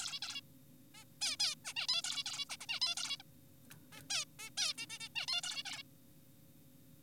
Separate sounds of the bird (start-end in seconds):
0.00-0.20, 0.22-0.41, 0.95-1.04, 1.21-1.36, 1.40-1.55, 1.65-1.74, 1.76-1.87, 1.89-2.02, 2.04-2.24, 2.26-2.45, 2.50-2.57, 2.60-2.66, 2.69-2.80, 2.82-2.95, 2.97-3.17, 3.20-3.23, 3.92-4.03, 4.10-4.25, 4.39-4.50, 4.58-4.74, 4.78-4.86, 4.90-4.98, 5.00-5.09, 5.16-5.26, 5.28-5.42, 5.43-5.63, 5.65-5.83